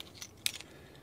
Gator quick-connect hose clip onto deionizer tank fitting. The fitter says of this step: they kind of lock into place you push this little pin down and it opens it up